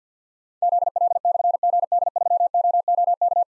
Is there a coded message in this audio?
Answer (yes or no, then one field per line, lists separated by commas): yes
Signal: Morse code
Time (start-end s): 0.6-3.4 s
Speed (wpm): 46 wpm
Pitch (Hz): 700 Hz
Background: none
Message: ZL/GD3OOK